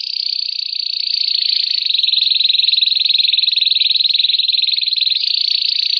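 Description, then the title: Canary song: one long, even, rapid trill held steadily throughout, high and bright. Champion canary. "Kicau Burung Kenari Juara"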